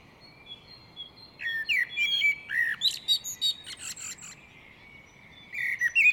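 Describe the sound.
Great tit giving rapid chirps, brief downslurred whistles and scratchy buzzes for about three seconds, ending with a few sharp notes after a lull.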